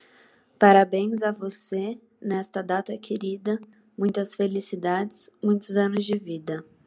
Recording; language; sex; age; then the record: short text; Brazilian Portuguese; female; 20 to 29 years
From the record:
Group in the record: control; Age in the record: 22 years